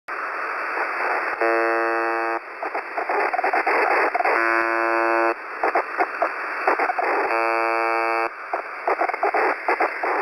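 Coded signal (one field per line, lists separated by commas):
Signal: channel marker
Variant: UVB-76 (The Buzzer)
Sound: harsh low buzz about one second long, repeating three times amid hissy static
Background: radio static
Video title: (Old video) weird noise from uvb 76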